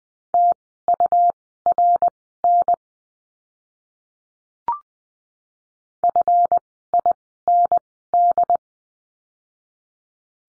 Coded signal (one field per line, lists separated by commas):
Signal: Morse code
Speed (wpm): 20 wpm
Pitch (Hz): 700 Hz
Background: none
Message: TURN FIND